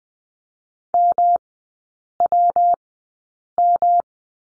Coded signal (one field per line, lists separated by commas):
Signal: Morse code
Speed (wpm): 20 wpm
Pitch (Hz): 700 Hz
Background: none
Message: MWM